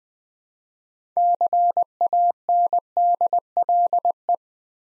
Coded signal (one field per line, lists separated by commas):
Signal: Morse code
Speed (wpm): 20 wpm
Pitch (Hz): 700 Hz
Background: none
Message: CANDLE